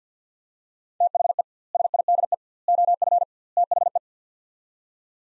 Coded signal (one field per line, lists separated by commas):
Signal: Morse code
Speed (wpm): 50 wpm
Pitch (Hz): 700 Hz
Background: none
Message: THE SIDE OF THE